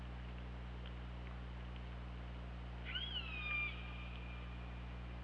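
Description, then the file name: Orca giving a single whistled call that rises then holds a long flat tone with upper harmonics, over constant low hum and hiss. Recorded 24 August 2017 at 23:28. "Orca Lab"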